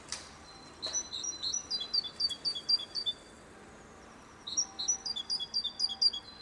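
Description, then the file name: Great tit singing quick, high two-note whistled phrases in a steady run, a brief pause, then another run of the same phrases. "Parus major"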